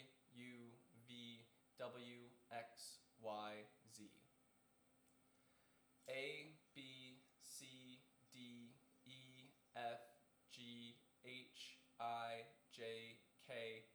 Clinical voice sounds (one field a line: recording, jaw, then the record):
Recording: letters of the alphabet, spoken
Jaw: free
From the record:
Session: seven days later